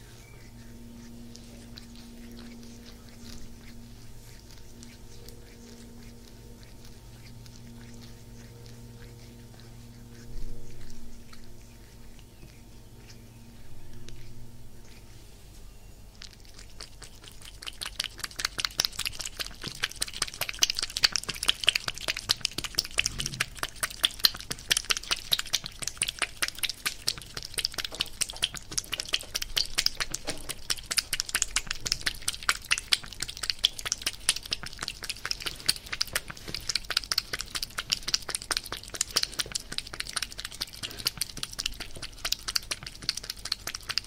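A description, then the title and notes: A cat purrs in a low, steady rumble for the first fifteen seconds or so, with a faint whine above it. From about seventeen seconds on, dense crackling and scratchy rubbing takes over, rapid and irregular, like paws kneading and fur brushing against fabric. ASMR with my cats massaging, purring, cuddling.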